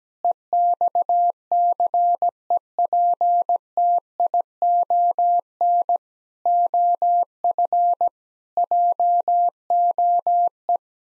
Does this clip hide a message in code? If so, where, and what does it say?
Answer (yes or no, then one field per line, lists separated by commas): yes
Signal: Morse code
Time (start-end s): 0.2-10.8 s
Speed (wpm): 17 wpm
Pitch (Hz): 700 Hz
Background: none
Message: EXCEPTION OF JOE